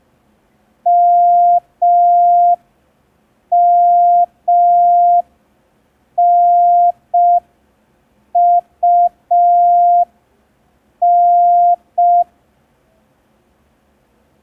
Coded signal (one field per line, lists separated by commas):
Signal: Morse code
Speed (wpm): 5 wpm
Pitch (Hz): 700 Hz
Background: none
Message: MMNUN